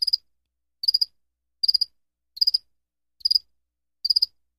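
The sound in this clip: Cricket call: bursts of three or four quick pulses, each chirp coming roughly every 0.8 seconds, with silence between.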